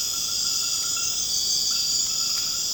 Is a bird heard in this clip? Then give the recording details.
no. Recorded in secondary vegetation near Puerto Asís, Putumayo, Colombia, on 24 March 2025 at 22:00. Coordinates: 0.485, -76.322. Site G040